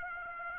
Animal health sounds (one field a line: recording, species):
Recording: mosquito wingbeat signal from an infrared sensor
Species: Aedes aegypti